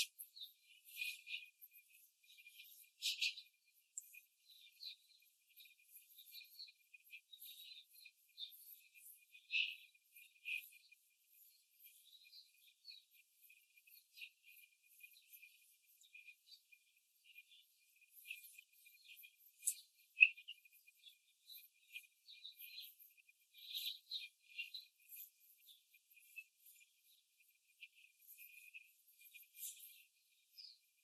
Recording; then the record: young laying hens in a cage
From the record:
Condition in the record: control cage, before the stress test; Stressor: none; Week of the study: 4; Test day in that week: 1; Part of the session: 2